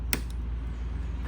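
A phone battery's flex connector is pressed onto the mainboard socket during an LCD repair on a Techno Spark 20C. A sharp snap at 0.1 s shows it clipping in, followed by a fainter tick at 0.3 s over a steady low hum. The connector is seated.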